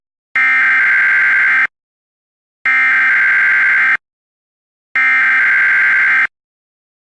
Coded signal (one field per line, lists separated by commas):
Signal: Emergency Alert System (SAME) tones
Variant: header bursts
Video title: EAS Classic: The EAS Interrupts "Microsoft Sam Reads Computer Errors - Part 2" (Original Re-Edit)